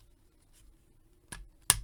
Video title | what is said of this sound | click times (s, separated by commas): Batman VS Swamp Thing Spin Master DC Comics Multiverse Armory Attack Batcycle Unboxing and Review | so they snap into place not really sure what they are though | 1.7 s